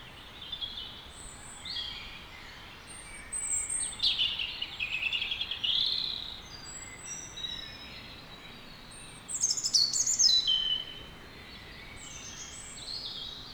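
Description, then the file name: European robin song: varied high-pitched phrases with tinkling trills and drawn-out thin whistles, two louder bursts separated by quieter passages. "Erithacus rubecula"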